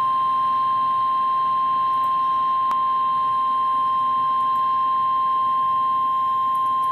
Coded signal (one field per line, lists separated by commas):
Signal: Emergency Alert System (SAME) tones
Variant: 1050 Hz attention tone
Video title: EAS Alert #098. Severe Thunderstorm Warning.